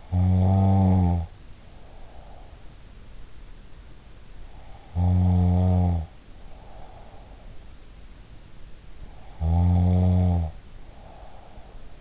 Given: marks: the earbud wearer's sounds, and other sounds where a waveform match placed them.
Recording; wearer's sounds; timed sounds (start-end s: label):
sounds in sleep by an in-ear microphone; snoring breath
0.00-3.12 s: snoring breath
4.81-8.09 s: snoring breath
9.29-12.01 s: snoring breath